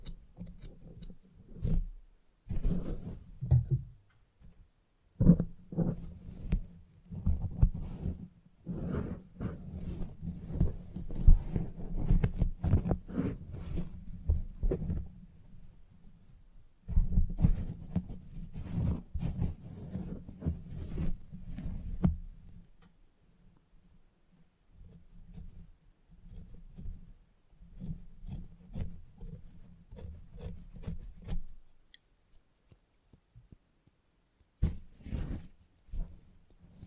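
Salon haircut sounds with a steady low hum running through most of the clip, overlaid by dense bursts of crisp snipping and rustling between about 5 and 22 seconds. After a pause near 16 seconds, activity thins into sparser clicks and brushing, then mostly quiet stretches near the end.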